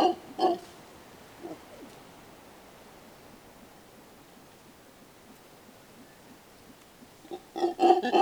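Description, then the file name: Mantled howler monkey giving brief guttural roaring bursts at the start, then a long quiet stretch before louder rasping roars return at the close. Recorded in Santa Rosa National Park, Costa Rica. "Mantled Howler Monkey (Alouatta palliata) (W ALOUATTA PALLIATA R1 C2)"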